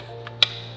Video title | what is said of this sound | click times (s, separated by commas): The GFC Mantis Claw Install guide | once you hear the click | 0.4 s